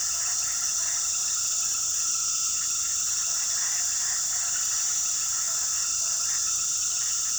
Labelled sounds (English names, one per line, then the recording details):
none
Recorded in pastures near Puerto Asís, Putumayo, Colombia, on 19 February 2024 at 22:00
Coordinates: 0.466, -76.323
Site G6384